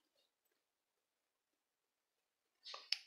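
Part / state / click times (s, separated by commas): safety eye lock washer onto the eye post in a crocheted toy head / seated / 2.9 s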